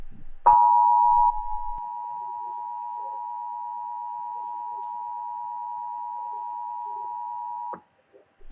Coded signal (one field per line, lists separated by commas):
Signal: Emergency Alert System (SAME) tones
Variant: 853 and 960 Hz attention tone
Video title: What Will Happen Today At 6 PM PST In I As California (EAS Mini)